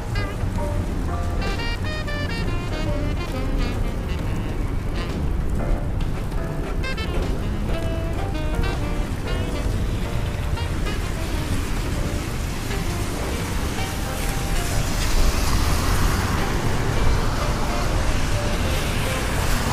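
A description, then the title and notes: Rain on a New York day, with a steady wash of traffic and rain noise filling the low end throughout. Voices and short whistle-like tones come and go in the first half, and a brighter hiss swells near the end as a vehicle seems to pass. Raining Day In New York.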